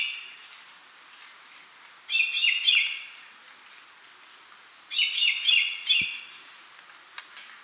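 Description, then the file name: Common chaffinch singing two brisk trilled phrases of repeated high notes, each lasting about a second, separated by about two seconds of quiet, with a faint click near the end. "Fringilla coelebs"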